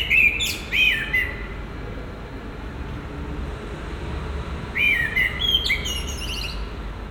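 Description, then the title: Common blackbird singing one short warbled phrase ending in high squeaky notes, then silence before a second fluty phrase; faint low rumble throughout. Recorded in Marolles, Brussels, Belgium, with a Sony PCM-M10 recorder and binaural microphones. "Marolles, 1000 Bruxelles, Belgique - Résidence Sainte-Gertrude - Merle - Blackbird"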